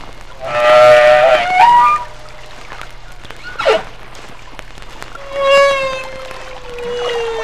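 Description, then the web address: Humpback whale song: a wavering moan, a brief downswept grunt, then a long slowly falling tonal cry with rich harmonics. "Songs of the humpback whale"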